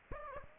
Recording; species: mosquito wingbeat signal from an infrared sensor; Aedes aegypti